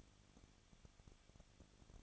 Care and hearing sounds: daily activity, microphone in the room; no activity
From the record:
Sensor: 4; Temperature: 23.0 degrees Celsius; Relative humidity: 34.4%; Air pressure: 1007.2 hPa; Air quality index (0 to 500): 215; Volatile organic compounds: 15 ppm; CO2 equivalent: 2492 ppm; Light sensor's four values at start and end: 2/3/1/1 and 2/3/1/1

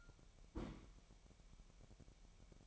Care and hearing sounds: daily activity, microphone in the room; place on stove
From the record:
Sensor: 1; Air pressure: 1012.0 hPa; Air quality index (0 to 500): 223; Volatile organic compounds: 5 ppm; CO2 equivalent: 1782 ppm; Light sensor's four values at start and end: 69/164/69/72 and 69/165/70/73

